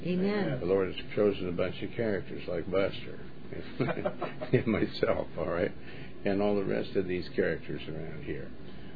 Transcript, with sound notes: the Lord has chosen a bunch of characters like Buster. (laughs) And myself, all right? And all the rest of these characters around here.